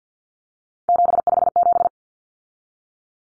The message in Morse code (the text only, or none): 757